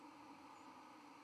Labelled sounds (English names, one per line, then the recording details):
White-throated Sparrow flight call
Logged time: 08:34 on 31 October 2014